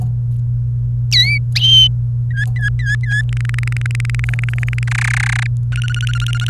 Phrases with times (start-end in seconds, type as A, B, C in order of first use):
1.12-1.38 A, 2.31-3.21 B, 3.29-4.83 C, 4.87-5.47 D, 5.72-6.50 E